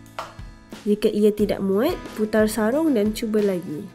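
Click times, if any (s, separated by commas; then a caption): 0.2 s. The upper plastic housing of a Trudell Medical International Aerobika OPEP breathing device, a respiratory therapy device, is pushed onto the lower housing, and a sharp tab click at 0.2 s shows it has seated. Someone then talks over background music.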